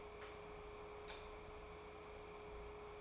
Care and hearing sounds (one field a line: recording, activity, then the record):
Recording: daily activity, microphone in the room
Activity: light on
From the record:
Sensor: 1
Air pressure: 1010.3 hPa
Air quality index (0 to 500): 171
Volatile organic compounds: 12 ppm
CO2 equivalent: 2356 ppm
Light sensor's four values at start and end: 50/130/53/67 and 53/144/58/72